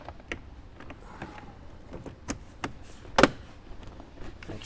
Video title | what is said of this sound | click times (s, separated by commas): Kicker Subwoofer Upgrade Bundle - 2007 - 2018 Jeep Wrangler | snaps right in and there we go that part's all done | 3.2 s